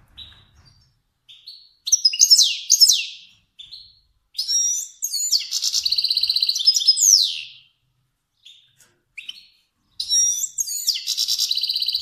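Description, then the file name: Finch song in three bursts separated by pauses, mixing sweeping notes and dense rattling trills, with soft single chirps in between. Kermani finch. "sound finch kermani long"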